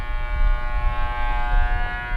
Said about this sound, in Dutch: Dat is de toeter, die geeft aan dat de pomp de lading op zijn plek is geplaatst. Dus die geeft het signaal dat het hijsen klaar is.